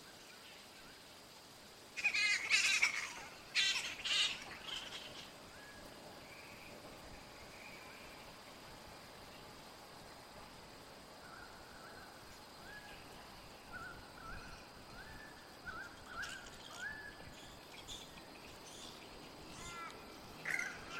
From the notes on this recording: Twilight is descending and a colony of Grey-Headed Flying Foxes chatter happily.